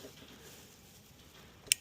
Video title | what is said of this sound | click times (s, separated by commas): CR-1029 fitting - Lightcomm | Then you get a click. | 1.7 s